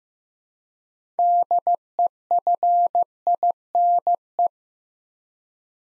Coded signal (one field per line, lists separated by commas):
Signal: Morse code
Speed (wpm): 15 wpm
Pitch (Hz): 700 Hz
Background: none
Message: DEFINE